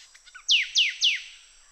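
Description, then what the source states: Sooty thicket fantail: three loud, clear whistles in quick succession, each dropping sharply in pitch, over a thin continuous high whine. Papua New Guinea.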